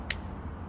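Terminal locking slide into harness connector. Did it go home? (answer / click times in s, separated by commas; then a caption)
yes / 0.1 s. The silver terminal lock slide on a harness connector is pushed back down into place while installing LED vents on a 2015 Mercedes S550. A single sharp click sounds at 0.1 s over low background noise, and the lock is seated back in place.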